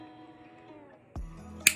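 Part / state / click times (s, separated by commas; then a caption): top latch on a plastic action-camera housing / seated / 1.7 s. The top latch on a plastic action-camera housing holding a GoPro is pressed down until it clicks shut. A softer thump at 1.2 s is followed by a sharp, loud snap at 1.7 s over a faint steady tonal background. The latch is seated.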